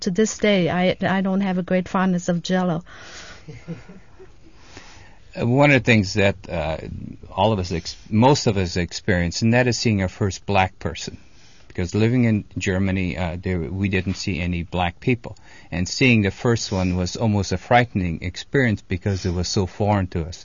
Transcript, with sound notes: To this day I don't have a great fondness of Jello. (they laugh)
One of the things that all of us, most of us experienced, and that is seeing our first black person, because living in Germany we didn't see any black people, and seeing the first one was almost a frightening experience because it was so foreign to us.